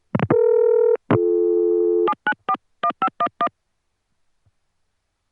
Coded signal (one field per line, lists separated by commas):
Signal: DTMF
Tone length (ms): 70 ms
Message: 7941511